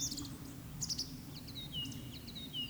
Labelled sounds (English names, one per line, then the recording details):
Eurasian Woodcock whistle
Eurasian Woodcock croak
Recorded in Baden-Württemberg, Germany, on 19 May 2021 at 19:34 UTC
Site 24608, 624 m above sea level